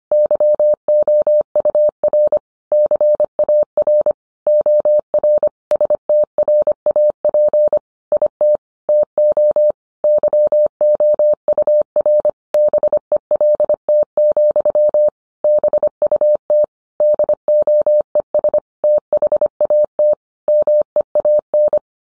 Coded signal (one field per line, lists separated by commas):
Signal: Morse code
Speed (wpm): 25 wpm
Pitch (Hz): 600 Hz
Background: none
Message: YOUR CAR OR STRAP IT TO YOUR BELT, BUT DOES THAT MEAN